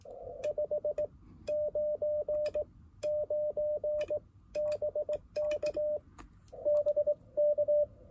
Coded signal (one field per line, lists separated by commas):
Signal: Morse code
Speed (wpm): 19 wpm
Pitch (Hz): 600 Hz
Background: radio noise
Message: 599 BK BK